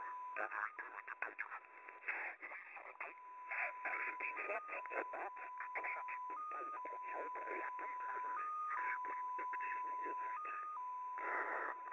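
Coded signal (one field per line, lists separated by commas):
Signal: multi-tone FSK (Olivia or MFSK type)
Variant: XPA2 14-tone MFSK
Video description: XPA2 is a digital mode of the Russian 7 operator. It utilizes a custom 14-tone MFSK system.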